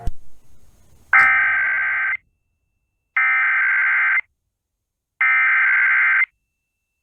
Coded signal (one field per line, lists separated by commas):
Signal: Emergency Alert System (SAME) tones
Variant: header bursts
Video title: EAS Tornado Warning on WIYY and Legal ID (9/1/21)